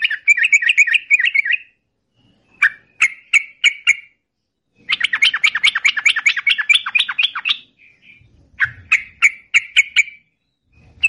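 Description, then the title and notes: Yellow-vented bulbul song: quick bubbling chattered phrases, long rolling bursts of rapid notes broken by short pauses, ending in brisk clipped notes. Song style called ropel panjang (long roll); a master recording for tutoring songbirds. "Masteran Trucukan Ropel Panjang. Kicau Burung Trucukan"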